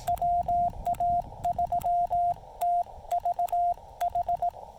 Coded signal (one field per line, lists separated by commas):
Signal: Morse code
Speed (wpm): 18 wpm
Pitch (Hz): 700 Hz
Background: radio noise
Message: WA3TVH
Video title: A QRP CW activation of Pilot Mountain State Park w/the Yaesu FT-817ND, Elecraft T1, and some wire!